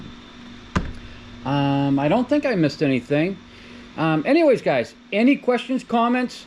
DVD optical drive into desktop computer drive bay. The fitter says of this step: to bottom just clicks right in there